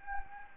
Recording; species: mosquito wingbeat signal from an infrared sensor; Anopheles gambiae